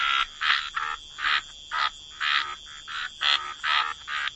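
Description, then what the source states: Frog croaks, separate raspy bursts repeated roughly twice a second, each short and mid-pitched with quiet gaps between. Frog chorus.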